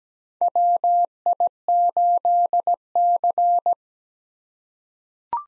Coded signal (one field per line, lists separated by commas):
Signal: Morse code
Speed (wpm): 17 wpm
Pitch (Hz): 700 Hz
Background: none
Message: WI8C